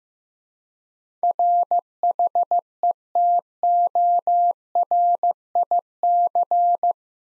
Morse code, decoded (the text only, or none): RHETORIC